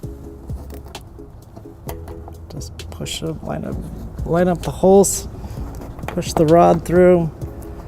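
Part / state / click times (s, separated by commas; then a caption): plastic push-rivet fastener in rear bumper fascia / not seated / none. A plastic push-rivet fastener is being handled at the rear bumper fascia of a 2015 Honda CR-V during a trailer hitch installation, with its holes being lined up before the center rod is pushed through to lock it. Short faint taps and knocks sound while someone talks. Nothing has seated or clicked yet.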